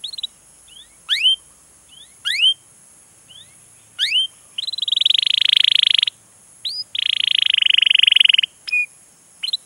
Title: PANCINGAN Kenari GACOR PANJANG. Pancingan Gacor Masteran